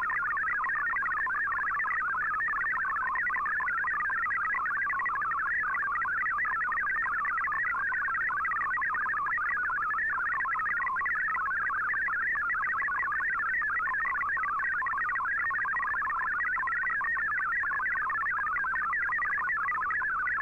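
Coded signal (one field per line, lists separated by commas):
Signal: multi-tone FSK (Olivia or MFSK type)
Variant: MFSK32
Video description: Here is my decode of the Shortwave Radiogram broadcast today on 15770Khz shortwave radio at 1300UTC in MFSK32 and 64 and with 8 SSTV images.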